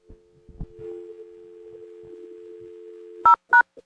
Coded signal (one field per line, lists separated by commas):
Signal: telephone call progress tone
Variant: North America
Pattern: dial tone